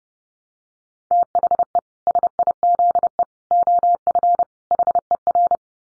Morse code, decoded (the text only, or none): THE SIZE OF HER